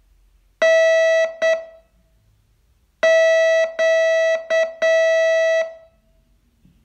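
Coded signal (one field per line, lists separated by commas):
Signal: Morse code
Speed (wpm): 7 wpm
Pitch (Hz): 650 Hz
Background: none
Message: NQ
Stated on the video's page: Morse training lesson, day 30 of a 42-day course.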